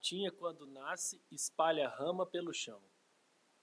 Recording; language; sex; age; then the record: short text; Brazilian Portuguese; male; 30 to 39 years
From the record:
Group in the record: control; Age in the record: 39 years